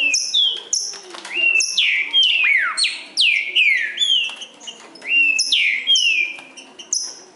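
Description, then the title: Green-winged saltator pouring out repeated downslurred whistles, phrases tumbling into each other almost continuously. In the forest, singing in contest with a free-living wild bird. "Trinca Ferro NICÃ O No Mato Disputando Com Solto"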